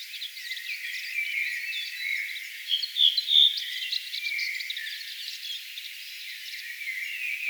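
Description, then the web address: Redwing singing a steady high chatter of scratchy twitters and thin squeaks, with a few sharper whistled notes in the middle. Song recorded 4 June 2025; the bird is described as singing in that particular way. "paivat 4 6 2025 tuolla tavoin laulava punakylkirastaslintu"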